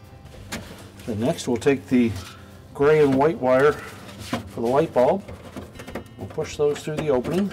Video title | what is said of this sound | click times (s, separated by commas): Maytag Refrigerator Repair – How to replace the Evaporator Fan Motor - 115V 60Hz | and make sure the locking tabs engage | 0.5 s